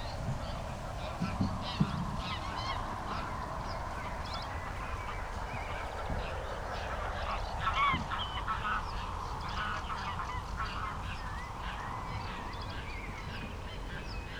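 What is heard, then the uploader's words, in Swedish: Greylag geese cackle wildly and continuously throughout, a dense steady clamour, with small bird calls and brief louder honks near two and eight seconds. Dalbyvikens ljudlandskap i maj. Ljuden är inspelade med Telingas SSM-mikrofon och en Olympus LS-14 samt PRO-8 MK2 parabolmikrofon och en Zoom H4.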